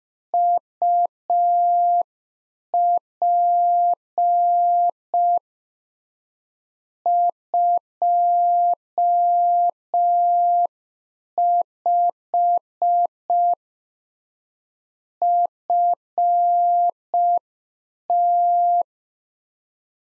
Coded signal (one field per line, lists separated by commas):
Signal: Morse code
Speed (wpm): 5 wpm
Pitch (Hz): 700 Hz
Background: none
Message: UP 25 FT